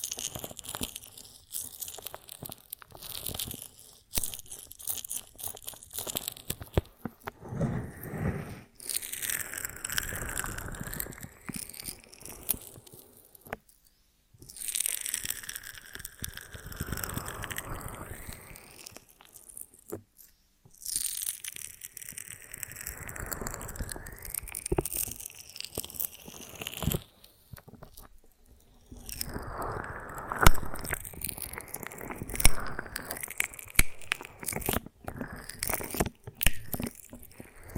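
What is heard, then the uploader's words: Sticky, crackling honeycomb sounds with biting, tearing and crunching, coming in dense bursts. Wet, squelchy stretches swell around 9–12, 14–19, 21–26 and 29–33 seconds, separated by quieter moments of soft clicks and pops. ASMR of a Honeycomb on Branch (No Talking).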